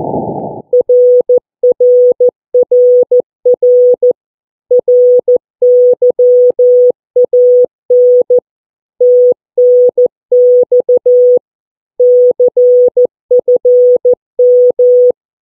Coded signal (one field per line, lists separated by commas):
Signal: Morse code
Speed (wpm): 14 wpm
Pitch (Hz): 490 Hz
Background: none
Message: RRRR RYAN TNX CFM